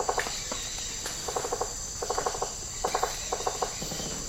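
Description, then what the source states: Steady insect buzz with rhythmic bursts of rapid clicking, four or five pulses each, repeating throughout. Tropical rainforest habitat.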